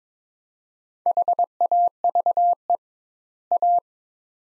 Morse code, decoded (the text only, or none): HAVE A